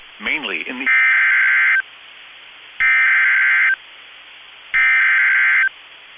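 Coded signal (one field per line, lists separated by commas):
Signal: Emergency Alert System (SAME) tones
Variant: header bursts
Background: speech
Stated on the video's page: EAS severe thunderstorm warning from weather radio transmitter in Columbus, Ohio.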